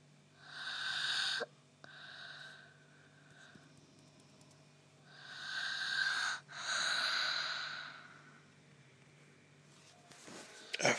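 Noisy, hissing sleep breaths of an adult repeat about 12 times a minute: soft snoring at night in a small apartment in Salou, occurring every night for the last 2 weeks.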